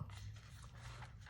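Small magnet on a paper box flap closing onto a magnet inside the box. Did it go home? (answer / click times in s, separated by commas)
no / none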